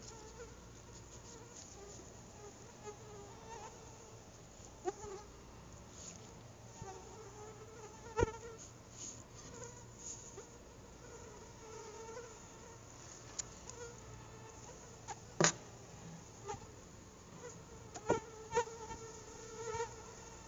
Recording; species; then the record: mosquito flight sound by mobile phone; Anopheles quadriannulatus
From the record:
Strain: SANQUA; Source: CDC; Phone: Google Nexus